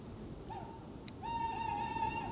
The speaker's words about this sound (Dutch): Deze uil, die roept.